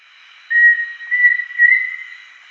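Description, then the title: Pheasant cuckoo song: a short whistle, then a second, then a longer, slightly rising third note, over a faint steady hiss. "LuckyPassaro Completos2Sama. Pheasant Cuckoo (Dromococcyx phasianellus)"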